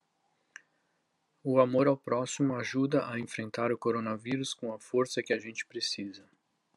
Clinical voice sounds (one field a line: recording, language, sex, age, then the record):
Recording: spoken sentence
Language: Brazilian Portuguese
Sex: male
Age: 50 to 59 years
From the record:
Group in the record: control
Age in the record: 53 years